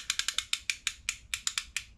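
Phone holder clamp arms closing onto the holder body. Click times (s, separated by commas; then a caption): 0.1 s, 0.2 s, 0.4 s, 0.5 s, 0.7 s, 0.9 s. The clamp arms of a plastic phone holder are pushed together onto the holder body and ratchet shut with a series of sharp clicks at 0.1, 0.2, 0.4, 0.5, 0.7 and 0.9 seconds, with more similar clicks continuing to the end of the clip. The arms end up seated, held tight and locked.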